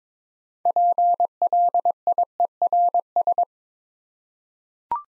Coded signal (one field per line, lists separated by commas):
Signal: Morse code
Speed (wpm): 22 wpm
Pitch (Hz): 700 Hz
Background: none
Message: PLIERS